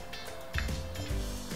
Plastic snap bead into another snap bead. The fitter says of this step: Wow, it's so easy. You have to hear a click.